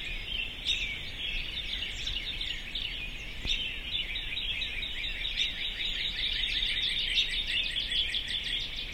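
Birds in a dense chorus, many overlapping high chirps and trills running continuously, with a sharp click near the middle.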